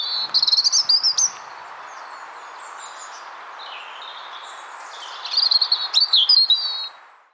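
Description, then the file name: European robin song: a bright burst of high warbled notes, a quieter pause with faint thin whistles, then another rapid, tinkling run of notes near the end, over constant hiss. "Erithacus rubecula"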